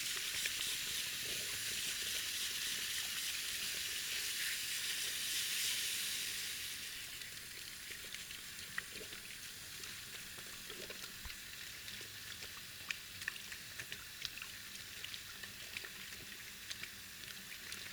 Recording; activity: daily activity, guitar pickup as the sensor; wash hands